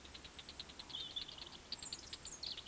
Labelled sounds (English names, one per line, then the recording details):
Eurasian Woodcock croak
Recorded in Baden-Württemberg, Germany, on 31 May 2021 at 19:59 UTC
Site 20675, 466 m above sea level